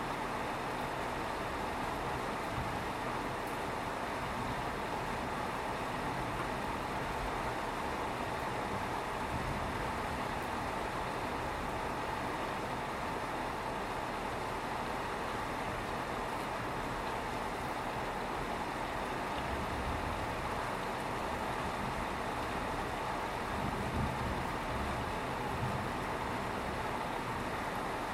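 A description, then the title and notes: Steady, dense rain hisses evenly for the whole stretch, with a low rumble underneath and no distinct drops or pauses. Nothing but just rain. 聽著雨聲.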